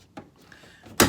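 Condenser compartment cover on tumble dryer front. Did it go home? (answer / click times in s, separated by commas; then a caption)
yes / 1.0 s. The front plinth cover of a Hotpoint 8kg heat pump tumble dryer is pushed closed over the condenser compartment, with faint handling noises early on. It latches shut with a loud thump-click at 1.0 s, and the cover is seated closed.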